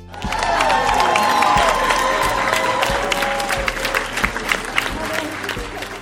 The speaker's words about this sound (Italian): Un bel applauso.